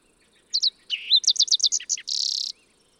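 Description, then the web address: Fox sparrow delivering a short musical phrase: paired high notes, a slurred whistle, a rapid run of bright notes and a closing buzzy trill. "birdsongforthecurious songs Fox Sparrow"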